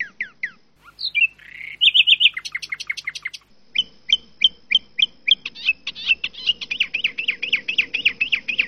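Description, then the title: Asian pied starling song: a varied sequence of descending chirps, squeaks and a rapid trill, then evenly spaced sharp notes that speed into a quick repeated phrase; faint low hum beneath. "Jalak Suren"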